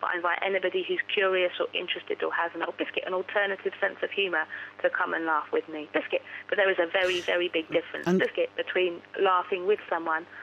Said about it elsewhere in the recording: Lady with tourette s talks about her condition. My Biscuit tics are very simple.